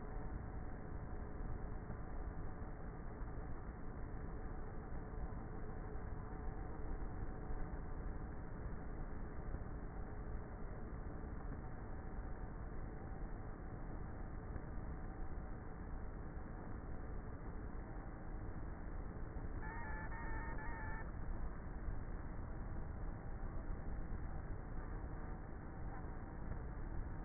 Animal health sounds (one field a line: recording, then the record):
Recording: honeybee colony, microphone inside the hive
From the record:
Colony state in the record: queenless with a low population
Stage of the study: before two queens were removed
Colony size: about 30,000 bees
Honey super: no